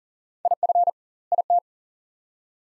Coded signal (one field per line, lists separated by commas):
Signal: Morse code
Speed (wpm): 40 wpm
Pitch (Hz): 700 Hz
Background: none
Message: IF IT